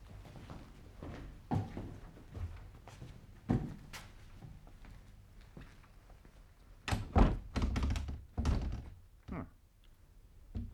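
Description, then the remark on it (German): The handle of a locked door in a house is tried and the door won't give: a few scattered clunks, then a burst of loud, rapid rattling thunks as the handle is jiggled against the lock. “Sie ist abgeschlossen.”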